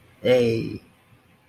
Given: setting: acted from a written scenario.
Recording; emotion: vocal sound without words; pride